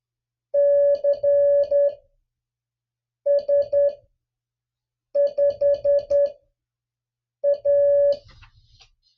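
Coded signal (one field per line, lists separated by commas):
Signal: Morse code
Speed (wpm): 11 wpm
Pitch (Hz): 570 Hz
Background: music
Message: CS5A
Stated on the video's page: Mixed USA and DX call sign copy practice in Morse at three different speeds.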